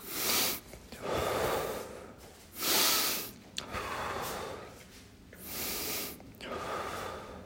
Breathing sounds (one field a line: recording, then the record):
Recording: deep breathing after running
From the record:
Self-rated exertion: light exertion (2 of 6)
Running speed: 7 miles an hour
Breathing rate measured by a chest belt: 26 breaths a minute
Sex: male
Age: 23 years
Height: 172 cm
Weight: 73 kg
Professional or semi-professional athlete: no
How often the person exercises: 3 to 5 times a week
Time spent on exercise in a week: over 5 hours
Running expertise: yes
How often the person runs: 3 to 5 times a week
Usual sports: running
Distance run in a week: 40 km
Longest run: 20 km